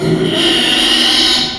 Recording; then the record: squeal of a Yucatan mini pig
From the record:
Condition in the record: after surgery on the right vocal fold (resection and tissue-engineered implant); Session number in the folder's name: 2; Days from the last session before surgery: 13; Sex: male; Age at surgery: 12 weeks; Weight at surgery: 13 kg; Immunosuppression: cyclosporine, prednisolone